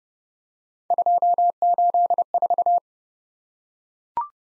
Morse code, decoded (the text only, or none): 284